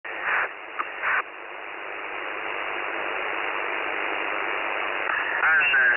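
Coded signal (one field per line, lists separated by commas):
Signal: numbers station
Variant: UVB-76, Russian voice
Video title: The Buzzer/UVB-76 Voice Message (December 1, 2020 10:57 UTC)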